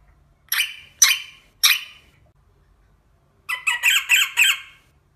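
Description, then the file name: Rosella giving three sharp, separate squawks, then a rapid run of five pulsed rasping notes. "Canto da Rosela"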